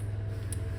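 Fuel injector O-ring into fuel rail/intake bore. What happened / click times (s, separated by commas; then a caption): The O-ring popped into its bore / 0.5 s. A fuel injector fitted with greased rubber O-rings, greased to help them go in easier, is pushed down by hand into its metal bore on the fuel rail/intake. Over a steady low hum, a short, sharp high-pitched click sounds at 0.5 s as the O-ring pops into place. The injector is seated.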